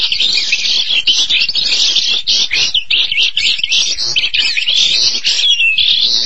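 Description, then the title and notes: Starling song, a nonstop jumble of scratchy chatter, clicks and thin whistles running densely throughout with hardly a break. "suara burung jalak"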